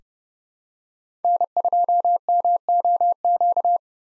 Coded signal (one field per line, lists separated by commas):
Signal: Morse code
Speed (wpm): 32 wpm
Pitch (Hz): 700 Hz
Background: none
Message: N2MOQ